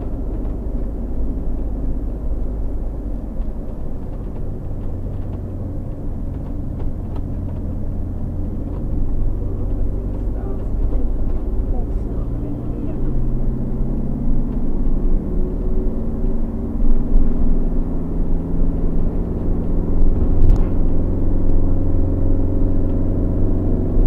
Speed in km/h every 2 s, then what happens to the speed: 25, 25, 24, 22, 24, 27, 33, 38, 40, 44, 46, 48.
0-7 steady at about 24. 7-24 speeds up to 48.